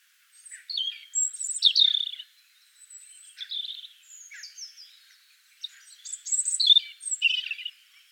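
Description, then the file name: European robin singing short bursts of high, sweet warbled notes and thin downward slurs, with brief gaps between phrases. "Erithacus rubecula"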